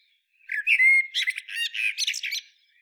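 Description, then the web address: Eurasian blackbird song: a mellow, warbled fluting phrase that breaks into a busy, squeaky high twitter, about two seconds long, over silence. "SETE Turdus merula"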